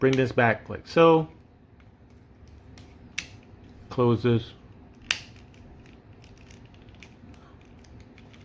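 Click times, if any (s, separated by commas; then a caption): 5.1 s. Someone talks while closing a hinged plastic panel on a transforming robot toy figure. After a faint tick at 3.2 s, the panel snaps closed with a sharp, loud click at 5.1 s, and it is seated. Quiet handling ticks follow.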